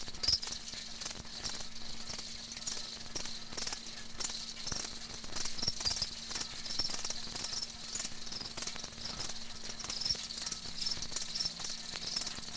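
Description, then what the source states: Crickets chirping in a sustained high chorus, mixed with frequent clicks and rustling taps. Crickets kept in a wire cage.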